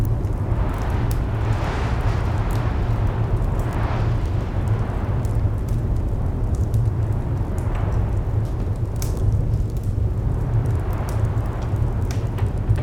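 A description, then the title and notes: A roaring fire with a steady low rumble, frequent sharp crackles and pops, and soft rising whooshes of wind every few seconds. Roaring Fireplace Ambience. Recorded from a cozy cabin adorned with a large wool rug and the grandest, most roaring fire you've ever heard. Outside, a storm rages, its winds lashing against the house, threatening to rattle its foundations. The crackling flames and distant wailing winds blend to create a hypnotic soundscape.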